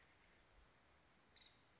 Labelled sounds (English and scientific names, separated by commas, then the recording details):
Nuttall's Woodpecker (Dryobates nuttallii)
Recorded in Sonoma County, California